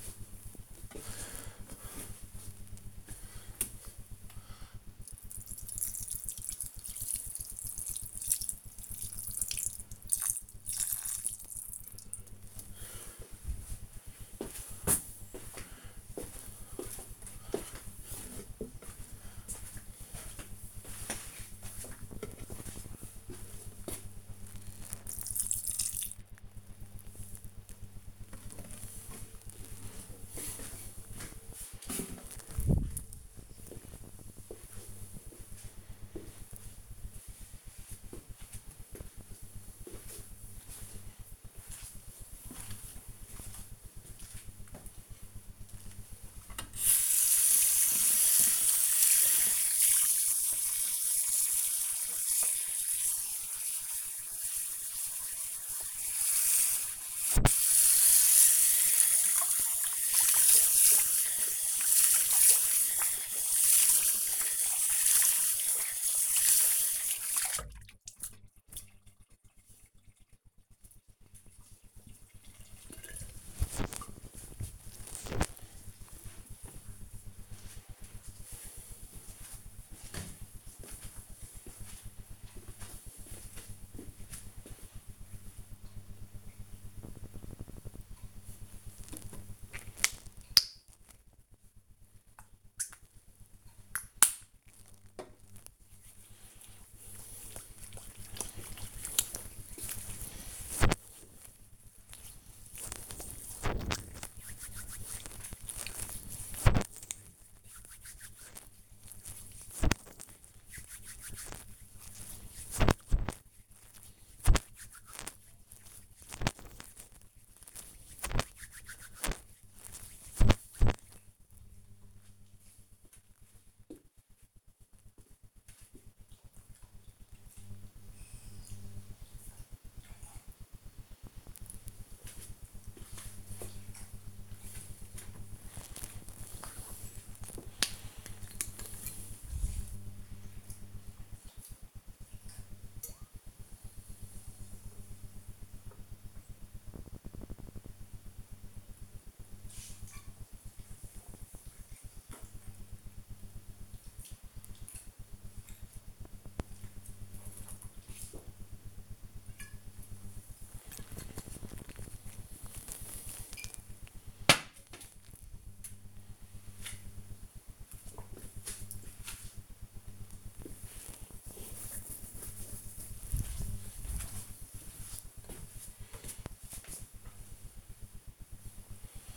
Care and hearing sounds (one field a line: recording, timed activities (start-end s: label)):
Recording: household activities, microphone on the right wrist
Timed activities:
0.00-28.76 s: watering plant
45.91-70.11 s: washing hands
88.25-121.52 s: disinfecting hands
134.60-164.78 s: drinking